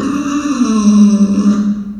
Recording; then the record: squeal of a Yucatan mini pig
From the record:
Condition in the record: after surgery on the right vocal fold (resection and tissue-engineered implant); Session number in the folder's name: 9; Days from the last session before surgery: 65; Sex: female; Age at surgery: 19 weeks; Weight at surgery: 25 kg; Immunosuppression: prednisolone